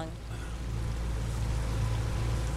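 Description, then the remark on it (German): A motorboat engine in Crystal River, Florida, drones steadily with a low, rumbling hum and faint harmonic whine, the water and hull noise washing continuously beneath it without a break. “Trotz der vielen Zusammenstöße mit Manatees sind Motorboote hier nach wie vor erlaubt.”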